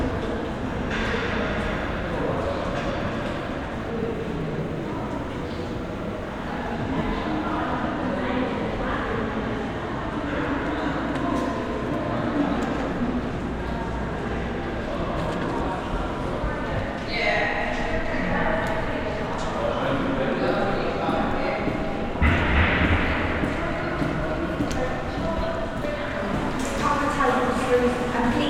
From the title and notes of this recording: Rooftop, London. Là, sous un ciel qui se gratte, dans un jardin suspendu, on passe à l'heure du thé. Between 12 towers, dizzying stopover in Shoreditch, London.